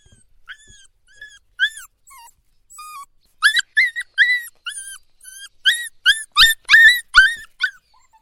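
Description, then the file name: Dog whining and yelping, a quick string of high, harmonic yelps with falling tails that speeds up and grows louder toward the end. "tieng cho ren ri ang ang ang"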